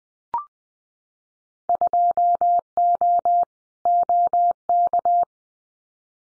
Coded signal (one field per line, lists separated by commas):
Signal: Morse code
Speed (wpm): 20 wpm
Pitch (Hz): 700 Hz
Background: none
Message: 2O OK